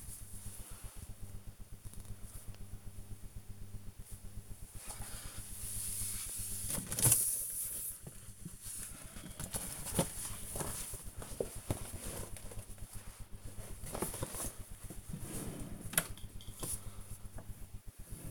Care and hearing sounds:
household activities, microphone on the right wrist
0.00-18.31 s: tidy up the cupboard

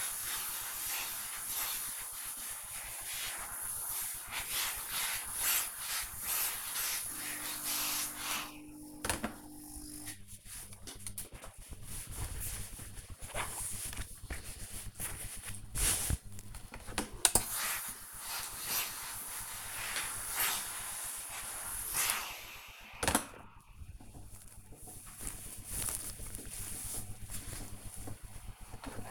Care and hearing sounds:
household activities, microphone on the right wrist
0.00-29.11 s: ironing laundry

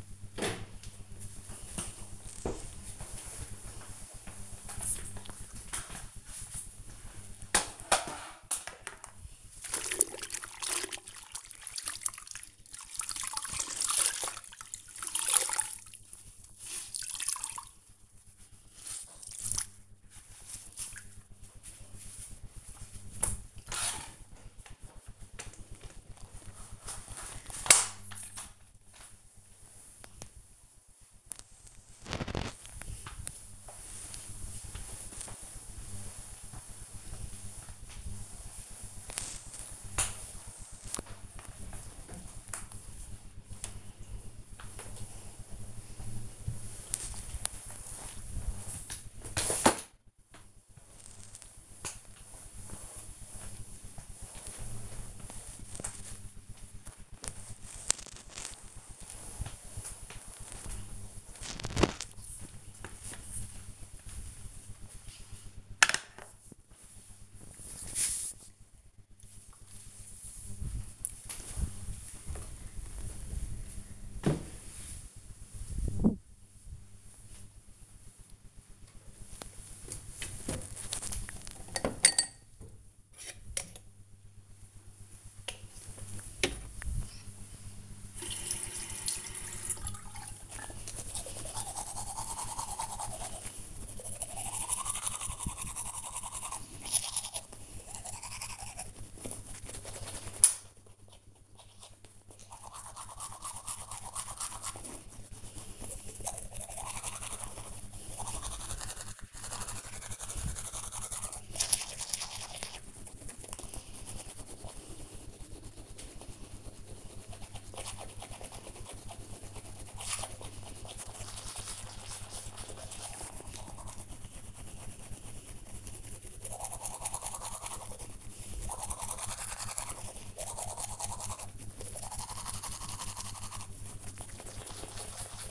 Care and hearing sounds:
household activities, microphone on the right wrist
0.00-64.42 s: floor cleaning
78.50-135.51 s: brushing teeth

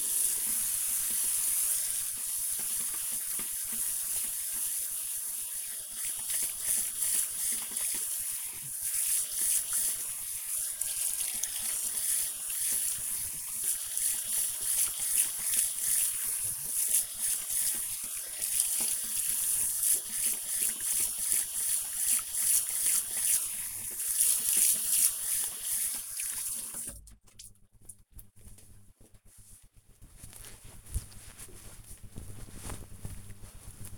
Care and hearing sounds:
household activities, microphone on the right wrist
0.00-28.68 s: washing hands

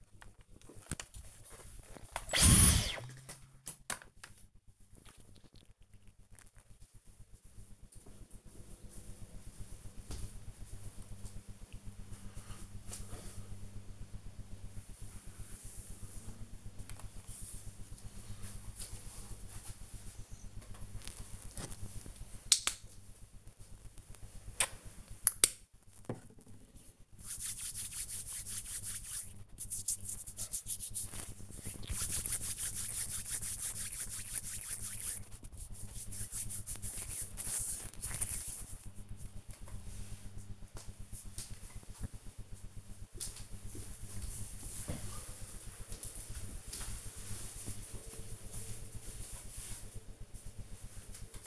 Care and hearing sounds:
household activities, microphone on the right wrist
19.64-38.75 s: disinfecting hands

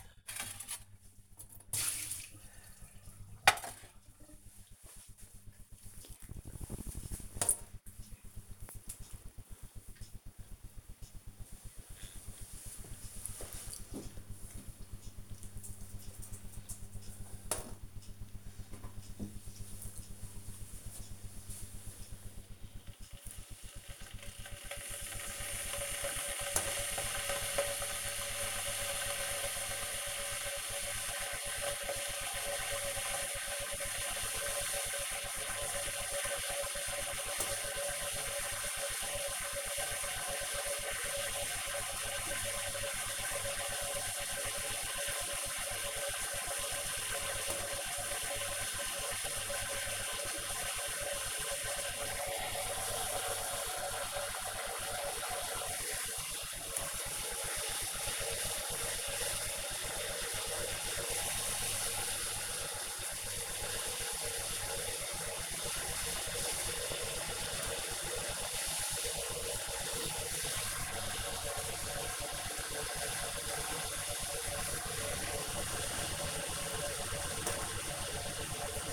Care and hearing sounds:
household activities, microphone on the right wrist
0.00-78.93 s: making tea

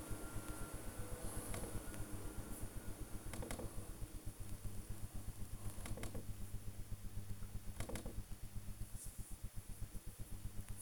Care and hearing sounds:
household activities, microphone on the right wrist
0.00-10.82 s: working on the computer

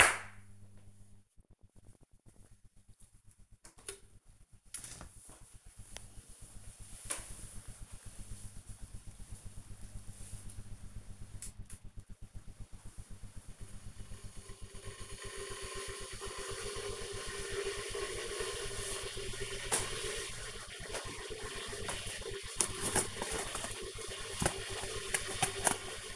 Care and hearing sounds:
household activities, microphone on the right wrist
3.04-26.16 s: making tea

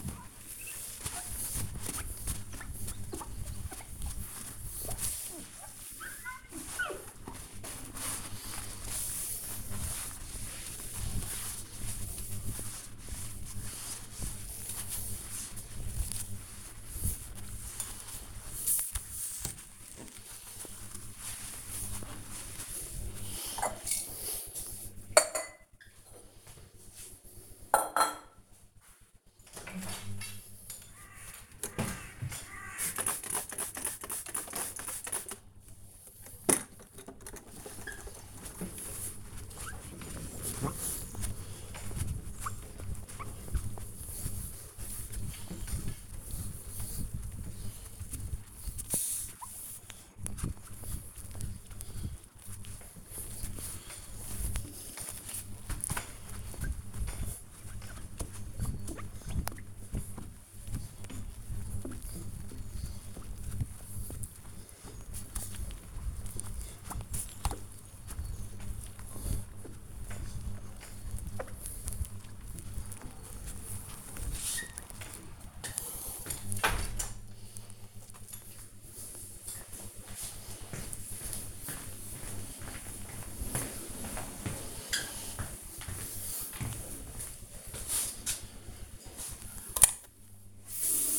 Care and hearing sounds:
household activities, microphone on the right wrist
0.00-76.20 s: window cleaning

